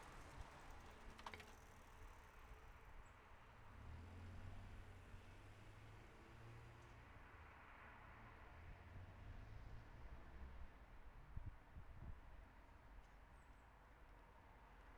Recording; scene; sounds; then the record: everyday scene through a hearing-aid microphone; in traffic; traffic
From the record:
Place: city secondary road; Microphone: behind the ear, left, rear